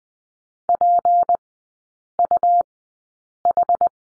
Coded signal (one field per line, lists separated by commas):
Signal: Morse code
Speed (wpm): 20 wpm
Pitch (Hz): 700 Hz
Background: none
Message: PUH